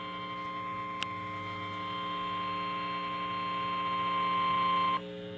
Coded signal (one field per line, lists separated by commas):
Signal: Emergency Alert System (SAME) tones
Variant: 1050 Hz attention tone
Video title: Tornado Warning on WWPW (EAS #207)